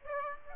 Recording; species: mosquito wingbeat signal from an infrared sensor; Aedes aegypti